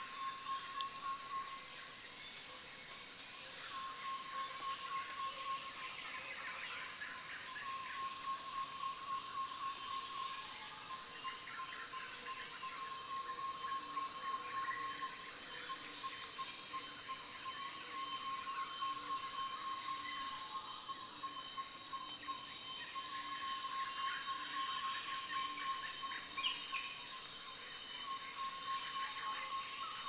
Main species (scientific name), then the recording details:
Sarothrura pulchra. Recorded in Kibale, Uganda